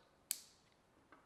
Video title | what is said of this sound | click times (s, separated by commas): How to Wire Your K Swap Harness for KTuner | so we're gonna slide it until it clicks it's locked in there now | 0.3 s